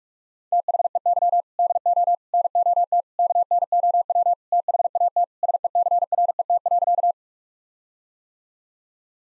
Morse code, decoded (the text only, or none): THEY DO NOT KNOW THAT SECRET.